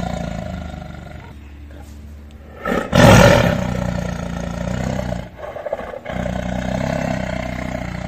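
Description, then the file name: Tiger roaring with low rumbling throughout, rising to one loud harsh roar partway through before settling into a steady growl. "Tieng ho gam"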